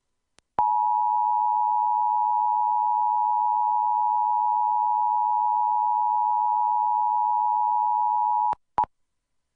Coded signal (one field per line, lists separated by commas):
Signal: Emergency Alert System (SAME) tones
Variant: 853 and 960 Hz attention tone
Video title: 2023 National Emergency Alert System TEST - National EAS Test - Wireless Emergency Alert Test